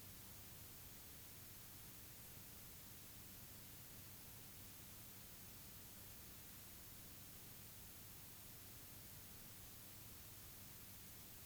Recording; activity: daily activity, guitar pickup as the sensor; lie down